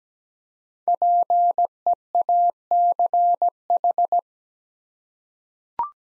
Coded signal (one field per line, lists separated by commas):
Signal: Morse code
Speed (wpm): 17 wpm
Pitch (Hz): 700 Hz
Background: none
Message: PEACH